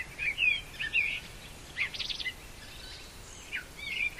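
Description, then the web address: Common blackbird singing brief warbled notes mixed with high twittery elements, over faint background hiss. In pine forest. "bory 2020 Kos Cerny"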